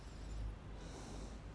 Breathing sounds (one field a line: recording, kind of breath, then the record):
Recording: one breath in and out by a microphone near the nose and mouth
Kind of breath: normal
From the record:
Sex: male